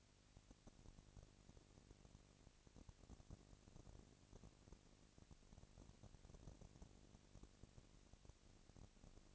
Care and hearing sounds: daily activity, microphone in the room; no activity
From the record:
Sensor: 4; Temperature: 22.3 degrees Celsius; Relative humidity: 31.9%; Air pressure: 997.9 hPa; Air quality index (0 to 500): 203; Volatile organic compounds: 17 ppm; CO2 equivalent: 2572 ppm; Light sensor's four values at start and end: 2/3/1/1 and 2/3/1/1

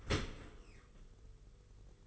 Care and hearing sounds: daily activity, microphone in the room; open dishwasher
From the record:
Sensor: 4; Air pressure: 991.3 hPa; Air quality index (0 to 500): 159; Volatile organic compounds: 135 ppm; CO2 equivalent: 3951 ppm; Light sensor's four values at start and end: 23/74/28/28 and 23/74/27/28

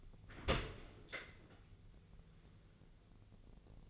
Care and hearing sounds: daily activity, microphone in the room; open dishwasher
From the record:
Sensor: 4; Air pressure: 1001.3 hPa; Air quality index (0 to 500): 184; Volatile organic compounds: 2 ppm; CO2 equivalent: 1310 ppm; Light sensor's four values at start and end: 14/31/13/13 and 13/29/12/13

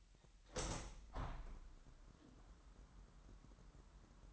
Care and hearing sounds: daily activity, microphone in the room; open window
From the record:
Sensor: 3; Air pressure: 998.7 hPa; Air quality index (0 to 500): 130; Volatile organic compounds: 4 ppm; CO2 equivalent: 1560 ppm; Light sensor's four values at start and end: 8/19/8/8 and 8/20/8/9

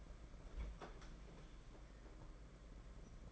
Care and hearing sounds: daily activity, microphone in the room; open fridge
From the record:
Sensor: 5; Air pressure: 992.0 hPa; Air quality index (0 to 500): 200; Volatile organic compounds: 1000 ppm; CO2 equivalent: 5752 ppm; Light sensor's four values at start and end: 30/101/37/39 and 29/99/37/39

